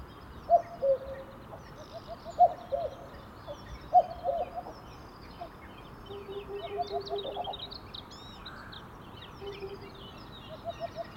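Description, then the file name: Cuckoo giving descending two-note calls about every one and a half seconds early on, then lower steady notes and light birdsong in the background. "minutes of cuckoos"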